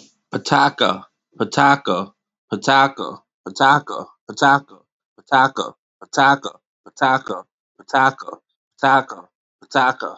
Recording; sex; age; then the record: repeated syllables /pa ta ka/; male; 40 to 49 years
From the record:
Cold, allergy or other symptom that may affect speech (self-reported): no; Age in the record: 45 years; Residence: Illinois, United States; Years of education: 18